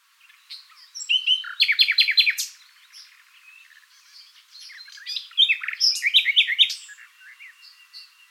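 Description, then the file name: Common nightingale song with two strong phrases of quick, throaty repeated notes and buzzy trills, separated by a soft pause with faint chirping. "Luscinia megarhynchos"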